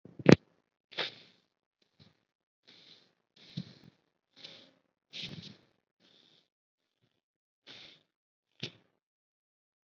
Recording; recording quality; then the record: shallow breathing; excellent, no background noise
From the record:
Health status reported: COVID-19 positive, mild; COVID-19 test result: positive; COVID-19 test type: RT-PCR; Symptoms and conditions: cough, sore throat, fatigue, muscle pain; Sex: male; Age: 23 years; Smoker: no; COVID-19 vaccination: both doses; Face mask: worn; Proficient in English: no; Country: India